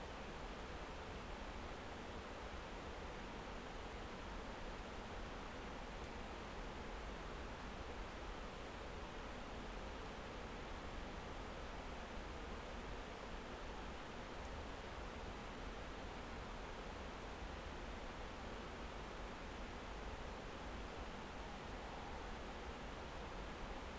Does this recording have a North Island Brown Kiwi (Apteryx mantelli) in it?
no